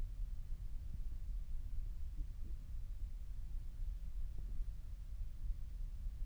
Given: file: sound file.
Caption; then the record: Audio file of post-treatment ear canal signal from the no.2 VPT patient.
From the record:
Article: Pre-Treatment Objective Diagnosis and Post-Treatment Outcome Evaluation in Patients with Vascular Pulsatile Tinnitus Using Transcanal Recording and Spectro-Temporal Analysis